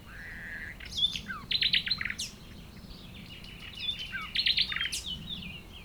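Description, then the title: Common nightingale song: a drawn-out whistle, then rapid pulsed notes and sharp chips, with a second fast burst near the end. Several nightingales singing at Chindrieux, France; recordist a few metres from the foreground singer. "195 Rue de Vars, Chindrieux, France - Rossignols"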